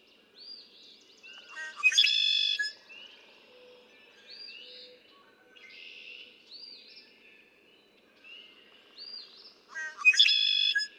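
Red-winged blackbird gives two songs, each a few clipped notes ending in a harsh buzzy trill, about eight seconds apart, amid soft whistled notes from other birds.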